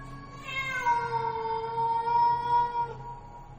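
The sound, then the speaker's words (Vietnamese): A black cat lets out one long, drawn-out yowl, a sustained wavering cry that holds its pitch for a couple of seconds before trailing off, heard alone over a faint low hum. “Trước khi gieo mình ra ngoài, nó còn đứng đấy quay lại nhìn lão Tâm chằm chằm mà kêu lên mấy tiếng rợn cả người.”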